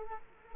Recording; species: mosquito wingbeat signal from an infrared sensor; Culex quinquefasciatus